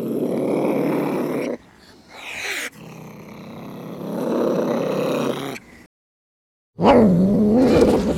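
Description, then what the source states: Cat growls harshly and low in long stretches, broken by short gaps, ending with a wavering, growling yowl. Cat fight with yowls.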